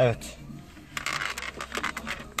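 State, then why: Seated. A plastic defroster/diffuser grille is pressed into its dashboard opening on a Fiat Linea, Doblo 3 or Punto, following an earlier attempt to fit it. Someone talks while plastic rattles and scrapes from about 1.0 to 1.9 seconds. A sharp click at 2.4 seconds marks the grille snapping properly into place.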